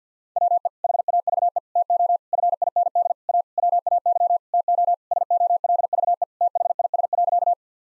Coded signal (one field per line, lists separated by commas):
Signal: Morse code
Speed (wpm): 47 wpm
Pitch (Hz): 700 Hz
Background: none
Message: WE HAVE TO FIND A WAY TO SOLVE THIS.